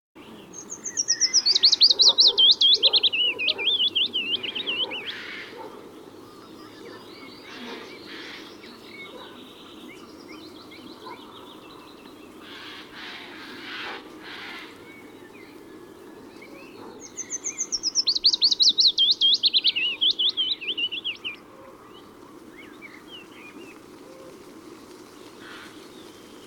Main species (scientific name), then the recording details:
Phylloscopus trochilus. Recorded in the wild. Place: Wierden, Overijssel, NL. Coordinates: 52.358, 6.594. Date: 1990-05-13. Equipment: Nagra III BH, Sennheiser MD 21, parabola. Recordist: Schubert, Michael. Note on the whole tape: Gesang Fitis